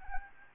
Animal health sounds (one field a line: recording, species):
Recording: mosquito wingbeat signal from an infrared sensor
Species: Anopheles gambiae